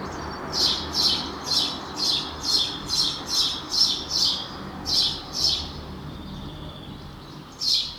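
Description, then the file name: House sparrow giving a series of harsh chirps, roughly two a second, then a pause of about two seconds before one last chirp, over a noisy background hum. "Passer domesticus"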